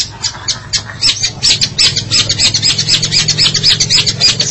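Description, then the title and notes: Long-tailed Shrike song, a fast series of harsh, scratchy high notes repeated several times a second over a low steady hum. "Suara burung pentet"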